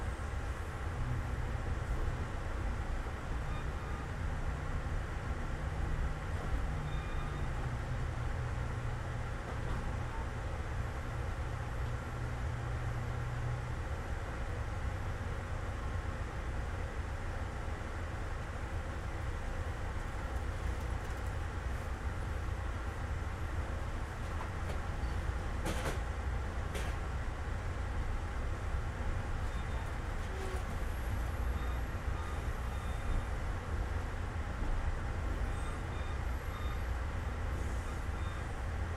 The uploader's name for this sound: Train Ride From Tampa To Ft.Lauderdale